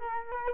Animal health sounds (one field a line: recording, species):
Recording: mosquito wingbeat signal from an infrared sensor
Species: Culex quinquefasciatus